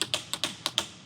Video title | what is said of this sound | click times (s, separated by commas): They Said My Stolen Hellcat Was HIDING Mods! I Took It Apart To Find Out & Made It Even Faster! | so satisfying is there anything more satisfying than torque wrench clicks | 0.0 s, 0.1 s, 0.3 s, 0.4 s, 0.7 s, 0.8 s